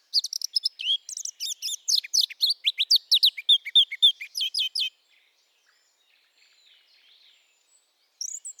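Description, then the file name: Eurasian blackcap singing one long, rapid phrase of varied high chirps and slurred notes lasting about five seconds, followed by near silence and a brief final note. "Sylvia atricapilla"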